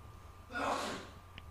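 A single abrupt, breathy burst lasting about half a second, with a brief voiced edge and a quick fade, in a quiet indoor room. It is one ordinary sneeze from an adult.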